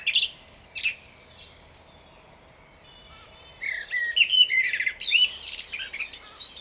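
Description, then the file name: Common blackbird song: a brief high squeaky burst, a pause, then a longer phrase of warbled whistles mixed with thin scratchy notes. "Turdus merula"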